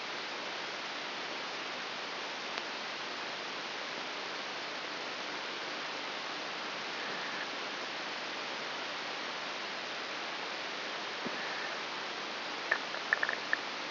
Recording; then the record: brain microelectrode recording played as sound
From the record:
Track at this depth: inside the subthalamic nucleus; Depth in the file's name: 5.401 mm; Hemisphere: right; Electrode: 3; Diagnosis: Parkinson's disease